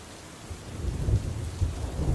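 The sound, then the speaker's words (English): A thunderstorm with big flashes of lightning: deep, rolling thunder rumbles and swells over a steady hiss of rain, with the low booming growing louder partway through. “Another big flash of lightning sent a brief spotlight on these behemoths.”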